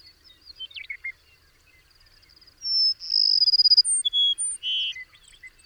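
Bird song: sharp high notes, then a fast rattling trill and a rich buzzy phrase with short slurred whistles, over a steady thin insect-like hum.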